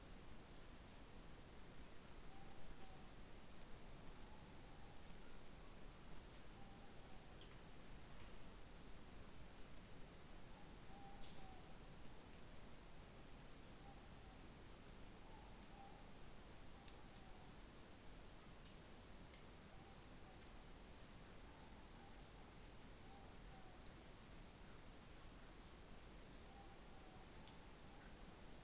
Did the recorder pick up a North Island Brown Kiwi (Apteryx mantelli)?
no